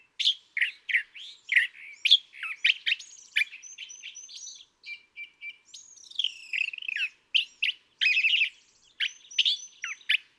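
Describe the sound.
California thrasher singing a rambling medley of scratchy notes, rattles and thin whistled slurs, phrases changing quickly and delivered almost without a break.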